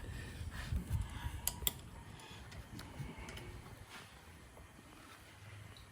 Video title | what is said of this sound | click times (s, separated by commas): Ryker 900 sport first oil change | again guys if you want to listen for that click me you reach that poundage | 1.5 s, 1.7 s